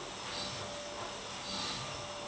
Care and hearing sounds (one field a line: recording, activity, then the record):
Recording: daily activity, microphone in the room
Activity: vacuum cleaning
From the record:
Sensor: 3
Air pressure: 1011.9 hPa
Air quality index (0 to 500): 236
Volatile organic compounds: 5 ppm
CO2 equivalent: 1750 ppm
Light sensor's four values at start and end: 9/22/9/9 and 9/22/9/9